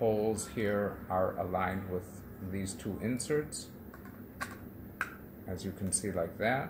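Someone talks while handling the plastic front cover of a wall-mounted PIR motion sensor, lining its holes up on two inserts in the base before pressing it on. A faint tap comes at about 3.9 s and a sharp, brief tick at about 5.0 s among light handling noises. The cover has not snapped onto the base yet; nothing has seated or clicked.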